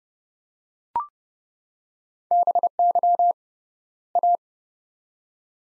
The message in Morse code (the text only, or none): BY A